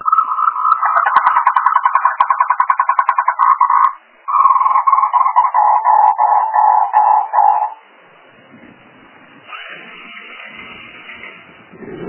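Frog croaking in two long bursts of rapid, rattling pulses repeated several times a second, followed by softer noise.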